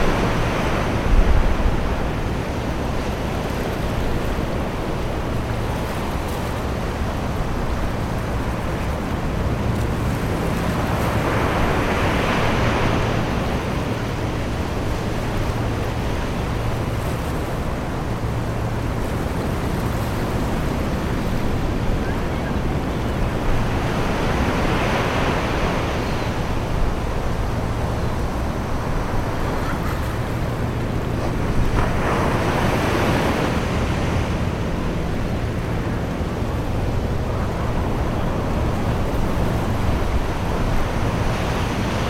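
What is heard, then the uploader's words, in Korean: Waves wash onto a secluded beach in a steady, dense roar that stays level throughout. Brighter surges of surf rise and fall around 12, 25 and 33 seconds, while a low rumble, probably wind on the microphone, hums underneath. 해변의 여름날 평온함. 영국의 한 비밀스러운 해변. 멀리 떨어진 파도와 부드러운 바람의 교향악.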